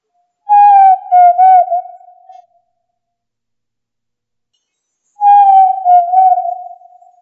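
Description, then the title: Tinamou calls: two clear, pure whistled phrases, each slightly descending and wavering, lasting about two seconds, separated by a few seconds of silence. "Familia Tinamidae - Quail - Puyuh"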